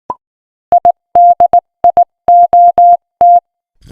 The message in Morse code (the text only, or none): IDIOT